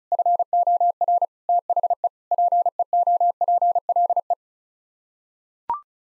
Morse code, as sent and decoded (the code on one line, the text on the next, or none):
..-. --- .-. / - .... . / .--. . --- .--. .-.. .
FOR THE PEOPLE